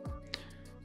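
A spring lock pin on a metal fire extinguisher quick-release bracket for a roll bar mount is pulled out and let go, snapping into place with a sharp click at 0.3 s that locks the bracket together. Background music plays throughout.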